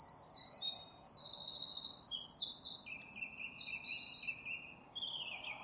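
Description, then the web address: Bird calls: rapid high-pitched chirps and short buzzy notes tumbling one after another, with a thin lower whistled line running through the second half, over a soft steady background hiss. "cianscape birddata Deverinetal 2025"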